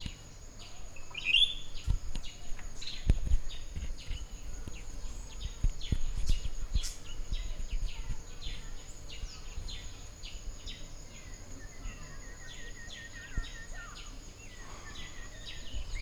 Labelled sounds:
White-browed Robin-Chat
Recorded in northern Uganda

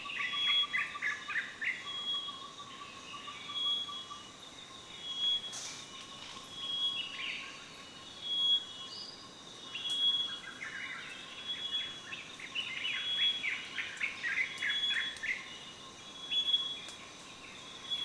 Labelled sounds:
Common Bulbul
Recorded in Kibale, Uganda

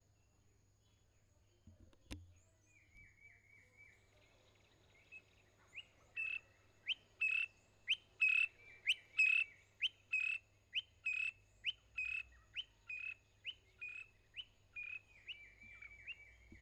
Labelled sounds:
Greater Honeyguide
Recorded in northern Uganda

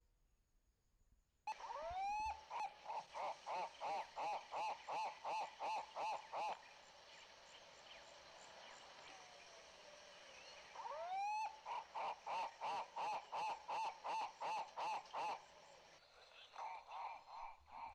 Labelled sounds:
White-crested Turaco
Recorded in northern Uganda

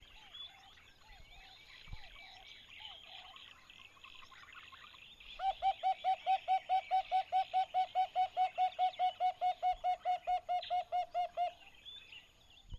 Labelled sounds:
Red-fronted Barbet
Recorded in northern Uganda

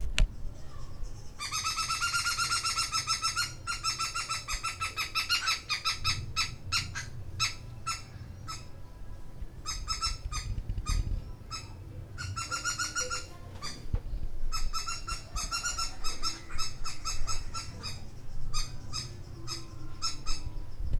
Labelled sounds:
Green Woodhoopoe
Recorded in Lake Mburo, Uganda

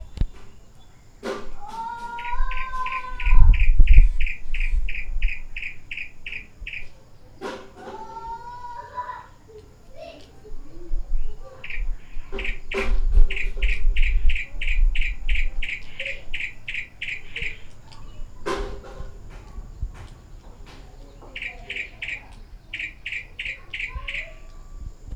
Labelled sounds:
Yellow-breasted Apalis
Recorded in Lake Mburo, Uganda

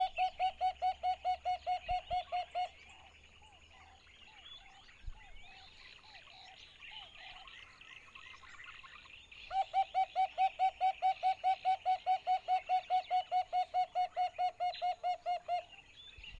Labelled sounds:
Red-fronted Barbet
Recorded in northern Uganda

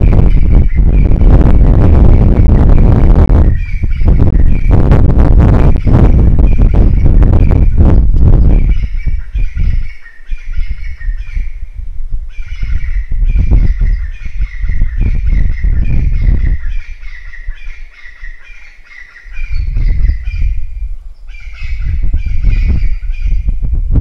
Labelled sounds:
Crested Francolin
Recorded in northern Uganda

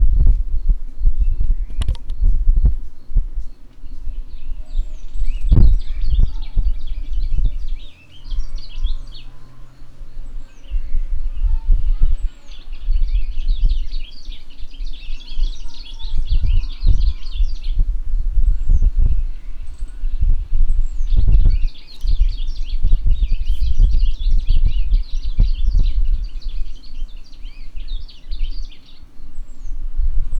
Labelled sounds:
Chestnut-crowned Sparrow-weaver
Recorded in northern Uganda

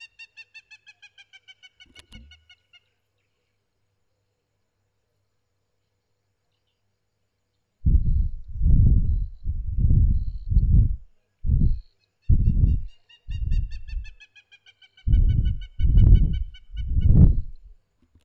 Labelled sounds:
Hamerkop
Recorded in northern Uganda

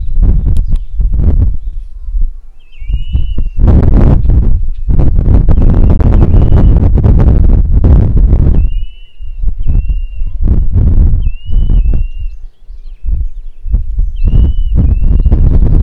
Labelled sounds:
Black Kite
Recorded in northern Uganda

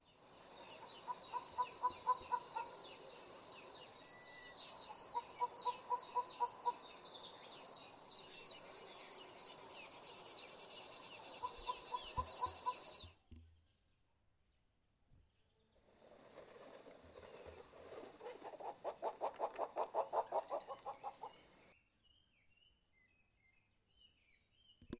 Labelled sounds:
Jackson's Hornbill
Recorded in northern Uganda

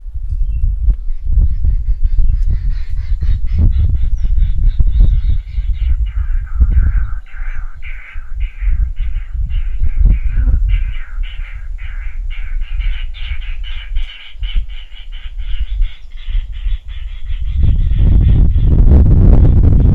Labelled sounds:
White-headed Barbet
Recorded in northern Uganda

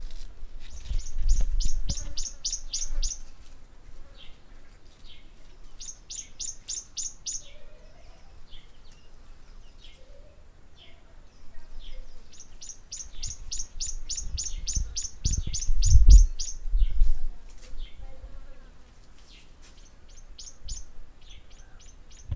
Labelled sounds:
Tawny-flanked Prinia
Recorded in northern Uganda

